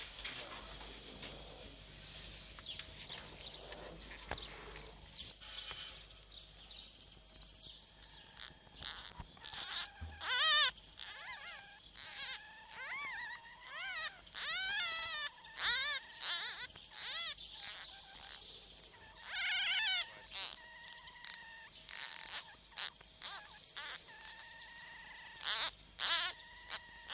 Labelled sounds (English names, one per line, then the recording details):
Red Fox
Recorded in captivity
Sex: male
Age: juvenile
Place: Zoologisches Institut der HUB, Berlin, DE
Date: 1956-04-25 12:45
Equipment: Elmetra
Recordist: Tembrock, Günter